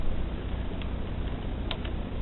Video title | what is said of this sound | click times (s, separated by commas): crosman pumpmaster 760 review | until you hear like one click maybe. | 1.7 s